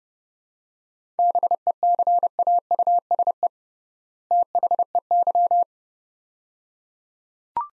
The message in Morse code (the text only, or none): BECAUSE THEY